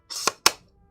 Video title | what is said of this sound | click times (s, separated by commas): New Lens Roundup (Meike, DZOFilm, Laowa, Rokinon, Irix) | and it clicks into place and it's nice it's not going to fall off but if you try to pick up the lens from that hood it's going to fall | 0.5 s